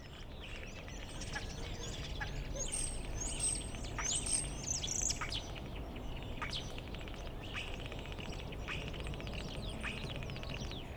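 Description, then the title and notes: Common starling mimicking song: a jumble of thin high whistles, clicks and rattling notes, with short sharp strokes repeated throughout over a steady low rumble of background noise. Starlings outside a window in rural Goworów, Poland, mimicking other species; no pond nearby; rural birds imitate other birds, not car alarms; recorded with Zoom F4 and AT BP4025. "Goworów 6, 57-515, Poland - Starlings mimicking other species. Zainstalowały mi się za oknem szpaki i udają najróżniejsze inne dźwięki. Obok wcale nie ma stawu - to szpaki udają żaby. Tak samo z wołaniem żurawi - to słabsze głosy, ale ewidentny zaśpiew żurawia"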